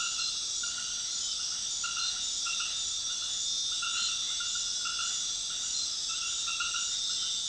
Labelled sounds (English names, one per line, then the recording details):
none
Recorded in dense forest near Puerto Asís, Putumayo, Colombia, on 20 February 2024 at 21:30
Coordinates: 0.502, -76.324
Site G6370